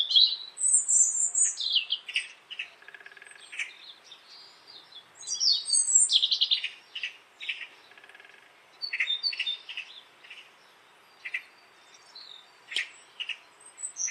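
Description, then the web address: Bird chirps: a busy run of high, scratchy chirps and squeaks, fast and irregular. "cianscape birddata Deverinetal"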